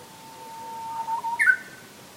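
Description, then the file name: Japanese bush warbler giving a drawn-out low whistle that slowly strengthens, ending in a brief, higher phrase. "uguisu"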